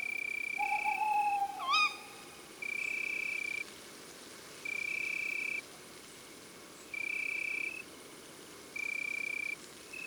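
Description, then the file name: Tawny owl calls, a level hoot followed by a sharp rising shriek, then only pulsing high insect trills continuing through the rest. Female. "Chouette hulotte femelle Chants doiseaux des bois et des forets"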